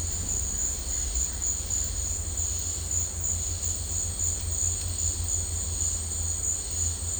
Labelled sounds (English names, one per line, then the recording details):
none
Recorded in dense forest near Puerto Asís, Putumayo, Colombia, on 20 December 2024 at 13:30
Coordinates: 0.466, -76.327
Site G075